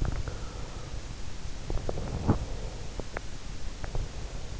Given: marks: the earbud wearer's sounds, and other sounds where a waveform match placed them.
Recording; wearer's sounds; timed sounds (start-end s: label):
sounds in sleep by an in-ear microphone; teeth grinding, breath
0.00-0.30 s: teeth grinding
0.30-0.97 s: breath
1.80-2.75 s: breath
2.18-2.46 s: teeth grinding
3.67-4.17 s: teeth grinding